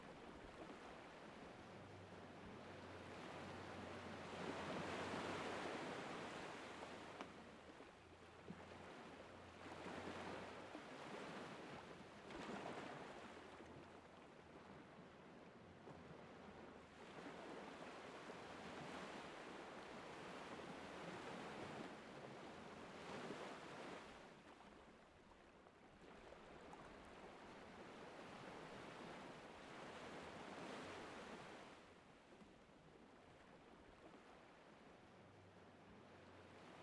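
Gentle waves roll onto the shore in steady surges every few seconds, with a faint low hum and light wind underneath.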